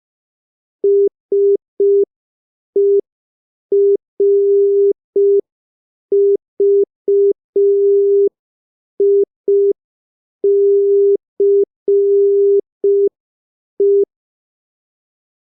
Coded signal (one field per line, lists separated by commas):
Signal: Morse code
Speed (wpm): 5 wpm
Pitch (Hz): 400 Hz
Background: none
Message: SERVICE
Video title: Morse Code Practice #6 (5wpm)